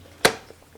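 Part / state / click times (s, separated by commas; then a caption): blender jug onto motor base / seated / 0.2 s. A large blender jug is pushed down onto its motor base until it locks, giving one sharp, loud click at 0.3 s that fades within a fraction of a second. The jug is seated on the base.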